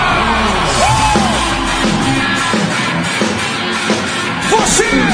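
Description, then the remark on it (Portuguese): A large crowd in Florianópolis yells and whoops together in a loud, sustained roar, with scattered rising shouts cutting through the dense wash of voices. “Aí, quem tá na vibe, levanta a mão e dá um grito, Floripa.”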